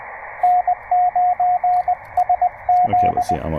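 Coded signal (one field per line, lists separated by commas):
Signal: Morse code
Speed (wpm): 21 wpm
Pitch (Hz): 690 Hz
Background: speech, radio noise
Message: N9SZ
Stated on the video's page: POTA park activation on a Penntek TR-45L with internal battery, CW Morse double paddle, and end-fed half wave antenna.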